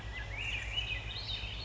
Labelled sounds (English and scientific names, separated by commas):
Swainson's Thrush (Catharus ustulatus)